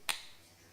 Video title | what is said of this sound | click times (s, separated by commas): Bamix štapni mikseri: Sve o ovim izuzetnim aparatima u 15 minuta | and you hear the click you hear a click right then it's correct | 0.1 s